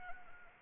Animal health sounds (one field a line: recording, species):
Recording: mosquito wingbeat signal from an infrared sensor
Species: Anopheles arabiensis